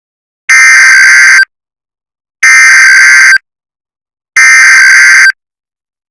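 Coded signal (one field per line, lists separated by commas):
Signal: Emergency Alert System (SAME) tones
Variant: header bursts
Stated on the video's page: Mock EAS alert, a simulated tornado warning for Tulsa, not a real activation.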